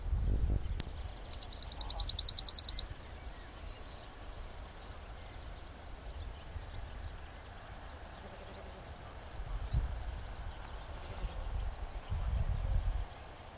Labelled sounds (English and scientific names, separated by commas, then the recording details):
Yellowhammer (Emberiza citrinella) song
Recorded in the wild
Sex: male
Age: adult
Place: Lübars (Fließtal), Berlin, DE
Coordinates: 52.6167, 13.35
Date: 2000-05-13 18:02
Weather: sonnig, 21°C
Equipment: Nagra SN, Kopie Uher 4000 Report Monitor
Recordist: Tembrock, Günter
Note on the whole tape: Gesang, drei Strophentypen